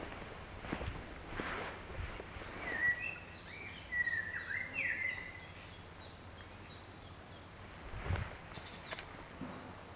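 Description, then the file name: Common blackbird giving a brief warbled phrase of mellow whistles mid-way through, with steady outdoor background noise and occasional rustles. "Turdus merula"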